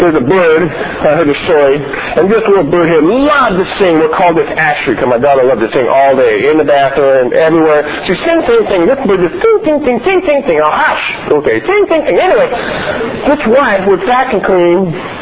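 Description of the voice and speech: An adult man tells a story in fluent, lively speech with a steady rate and few pauses, but his 's' sounds often come out as 'th' ("thing" for "sing") and some consonants are blurred. This is a mild speech impediment in a man who is blind and hearing impaired.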